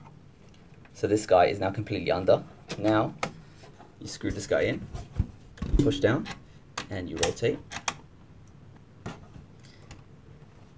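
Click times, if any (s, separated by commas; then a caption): 7.9 s. Someone talks while the plastic PCI retaining bracket in a Mac Pro is pushed down and rotated over a newly installed Sonnet Allegro USB-C (USB 3.1) PCIe card. At 7.9 s the bracket pops into place with a sharp click, seating it over the card, followed by a few faint ticks.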